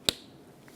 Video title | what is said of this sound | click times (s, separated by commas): How to Replace Valve Cover Gaskets 2008-2020 Dodge Grand Caravan 3.6L | once you hear the click it should be locked in so this valve cover is ready to be put back on the engine | 0.1 s